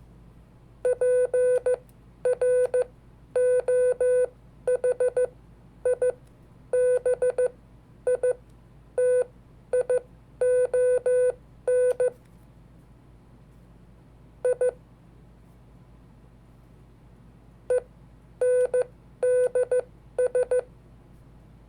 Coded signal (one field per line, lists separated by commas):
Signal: Morse code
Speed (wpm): 14 wpm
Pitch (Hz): 500 Hz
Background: none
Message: PROHIBITION I ENDS